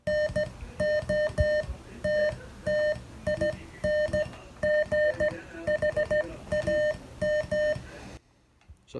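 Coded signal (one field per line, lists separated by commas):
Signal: Morse code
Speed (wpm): 15 wpm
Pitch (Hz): 600 Hz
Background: none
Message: NOTTINGHAM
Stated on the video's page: Morse code lesson, homework for the third session of a learning series.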